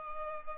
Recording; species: mosquito wingbeat signal from an infrared sensor; Culex pipiens